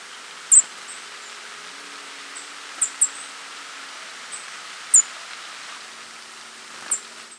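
Golden-crowned kinglet calls, very high thin tsee notes, given singly and as a quick pair, spaced over several seconds against soft background hiss.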